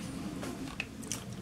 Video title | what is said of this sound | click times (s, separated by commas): SG900-S GPS DRONE 1080p REVIEW Pt1 | it falls back out and it locks into place by these little interference captures there so there's no switches | 0.8 s